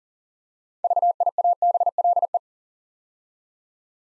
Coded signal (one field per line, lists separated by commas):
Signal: Morse code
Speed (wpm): 43 wpm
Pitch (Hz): 700 Hz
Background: none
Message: VIABLE